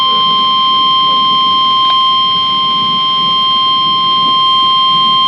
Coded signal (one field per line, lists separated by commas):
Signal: Emergency Alert System (SAME) tones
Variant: 1050 Hz attention tone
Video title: TORNADO WARNING - EAS PDS Tornado Warning | Claude, TX. (3-13-21)